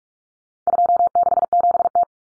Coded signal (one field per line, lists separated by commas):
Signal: Morse code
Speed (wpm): 44 wpm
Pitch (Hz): 700 Hz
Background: none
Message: 267T